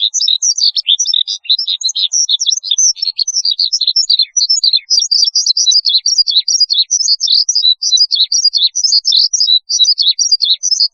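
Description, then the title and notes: Bush lark song, a long, unbroken torrent of high, varied chirps and trills. "Kicau Burung Branjangan"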